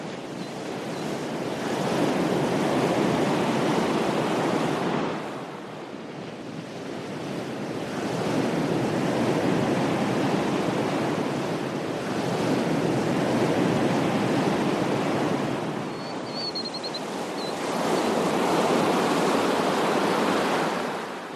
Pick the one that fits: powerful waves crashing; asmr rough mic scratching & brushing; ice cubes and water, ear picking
powerful waves crashing